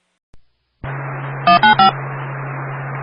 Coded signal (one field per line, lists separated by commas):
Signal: DTMF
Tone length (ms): 120 ms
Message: 195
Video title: Cities of New Hampshire Structure Fire Tones